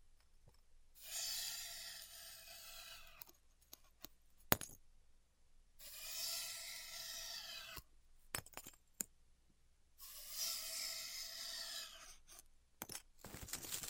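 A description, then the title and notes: Styrofoam heat cutting: three hissing, squeaky rasping strokes about two seconds each, separated by quiet gaps with sharp clicks and taps. ASMR Styrofoam Heat Cutting (No Talking).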